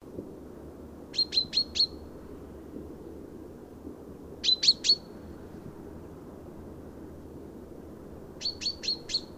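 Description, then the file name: Common chaffinch calling in three short bursts of three or four sharp, high notes, spaced several seconds apart, with a low rumbling background. "Fringilla coelebs"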